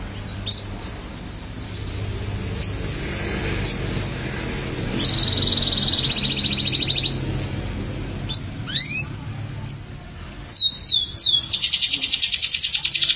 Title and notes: Suara Burung Kenari